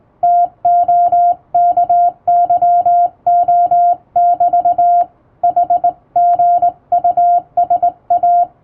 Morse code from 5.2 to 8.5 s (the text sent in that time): HGUSA